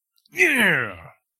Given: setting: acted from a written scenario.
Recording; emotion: vocal sound without words; pride